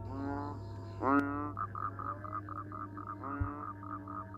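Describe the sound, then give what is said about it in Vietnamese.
Frogs croaking in the distance at night by a village water landing: a few raspy, pulsing croaks rise and fall, with a rapid chirping trill between them, all over a steady low hum. “Đằng xa kia, mơ mơ hồ hồ còn nghe cả tiếng ếch nhái nó cứ ì oạp, là đặc trưng của khung cảnh làng quê.”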